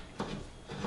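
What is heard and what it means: A studio monolight is set over the top of a light stand mount while its mounting screw is tightened by hand. Faint knocks are heard at 0.2 s and again near 0.8 s. Nothing has seated yet; the light is still being handled.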